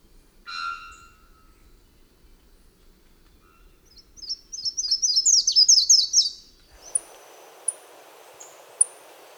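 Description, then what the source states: Bird calls: a clear mid-pitched note first, then a rapid high twittering phrase, followed by soft hiss and a few sharp, high chips. Costa Rican cloud forest.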